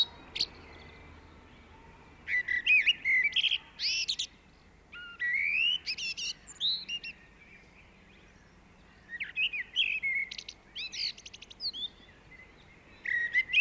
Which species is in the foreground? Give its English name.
Common Blackbird